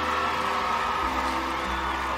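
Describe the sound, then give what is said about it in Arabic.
A crowd at a pottery-making contest cheers and shouts encouragement in a dense, steady roar of many overlapping voices, loud and unbroken throughout, with no single speaker standing out. “وارتفع صوت هتاف الناس وتشجيعهم”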